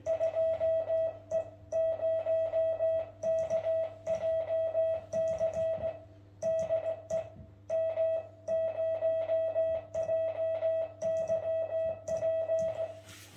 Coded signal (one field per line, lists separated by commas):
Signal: Morse code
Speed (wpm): 18 wpm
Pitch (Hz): 650 Hz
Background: music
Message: 2E0KJC DE M0JYP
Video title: Hands on Morse Demo with Chris 2E0KJC (24.03.22)